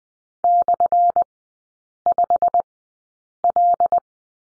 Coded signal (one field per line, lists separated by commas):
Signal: Morse code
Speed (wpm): 20 wpm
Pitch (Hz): 700 Hz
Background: none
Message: /5L